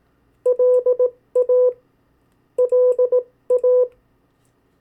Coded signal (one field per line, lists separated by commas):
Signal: Morse code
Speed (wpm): 18 wpm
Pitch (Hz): 500 Hz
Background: none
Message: LA LA